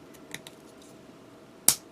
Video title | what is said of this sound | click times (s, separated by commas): *GundamCustom* 1/100 Grimgerde Custom - Part 5 | snap into place like so. | 1.7 s